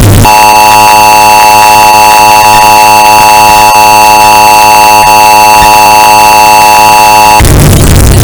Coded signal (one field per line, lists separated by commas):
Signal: Emergency Alert System (SAME) tones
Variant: 853 and 960 Hz attention tone